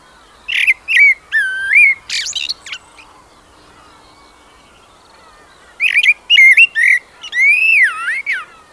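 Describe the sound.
Common blackbird giving two song phrases of fluty, slurred whistles and thin high squeaks, the second ending in a long slurred whistle, with a quiet gap between.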